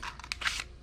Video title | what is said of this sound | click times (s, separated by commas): Syma X500 - Excellent Beginner Drone with GPS and a 4K camera | battery slides in and out clicks into place | 0.3 s